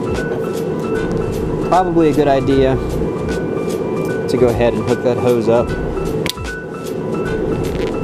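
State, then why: Seated. A PCV breather hose on the supercharged V8 of a 2006 Range Rover Supercharged is pushed onto its PCV valve and valve cover fitting while someone talks over steady background music. A single sharp, short snap is heard at 6.3 seconds as the hose seats into place.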